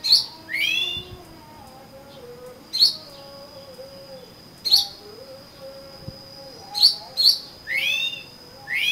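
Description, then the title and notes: Oriental magpie-robin song: bright whistled phrases and slurred notes in short bursts, with a steady high tone held in the background and faint low whistles between. "suara kacer. kumpulan suara burung kacer"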